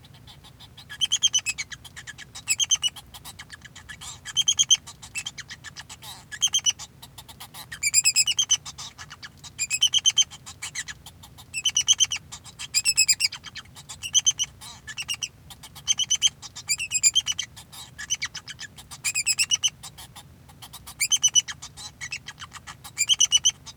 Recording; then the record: song of a male Bengalese finch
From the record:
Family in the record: son of father 2